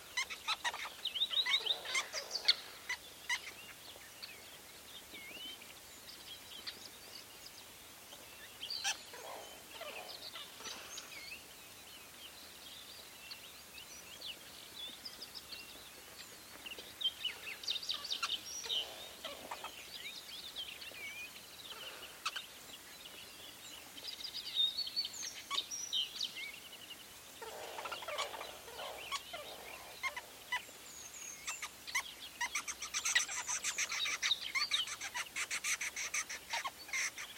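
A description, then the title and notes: Busy chatter from a weaver colony fills the clip, with bursts of high, scratchy chirping and squeaks coming in clusters near the start, around 10 and 19 seconds, and heavily from 25 seconds on. Between bursts, quieter twittering continues over a soft, low hiss. Secret Life Of A Weaver Nest. This is a recording I made at a large Weaver nest in Etosha NP, Namibia.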